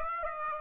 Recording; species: mosquito wingbeat signal from an infrared sensor; Aedes aegypti